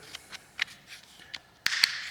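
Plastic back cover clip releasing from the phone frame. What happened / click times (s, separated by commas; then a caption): The plastic back cover clip popped open / 1.7 s, 1.8 s. A metal pry tool is worked slowly into the seam of an HMD Vibe (TA-1590 / N159V) smartphone's plastic back cover, near the SIM tray or volume buttons, with faint ticks and scrapes before the retaining clips give way. A sharp click at 1.7 s and another at 1.8 s mark the clips releasing from the phone frame as the back cover pops open, the desired result.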